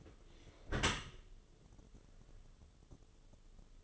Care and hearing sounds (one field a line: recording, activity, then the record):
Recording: daily activity, microphone in the room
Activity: close dishwasher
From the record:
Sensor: 4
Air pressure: 1015.8 hPa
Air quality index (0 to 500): 103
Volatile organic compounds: 2 ppm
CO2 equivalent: 1156 ppm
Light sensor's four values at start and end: 8/18/7/7 and 8/18/7/7